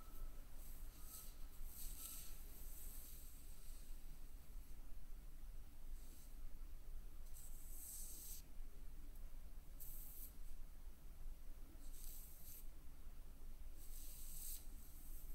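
A makeup brush and feathers sweep across a surface, giving soft, airy hissing strokes. The strokes come in short bursts about every two seconds, some brief and some drawn out, while a low, steady rumble continues beneath them the whole time.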